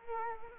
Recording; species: mosquito wingbeat signal from an infrared sensor; Culex quinquefasciatus